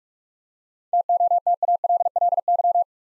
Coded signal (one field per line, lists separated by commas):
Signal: Morse code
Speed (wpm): 46 wpm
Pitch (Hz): 700 Hz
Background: none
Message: TOTALLY